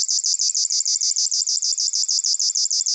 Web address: Locustella fluviatilis